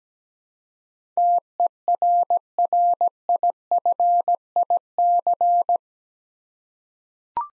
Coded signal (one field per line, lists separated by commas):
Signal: Morse code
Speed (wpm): 17 wpm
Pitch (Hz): 700 Hz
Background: none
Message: TERRIFIC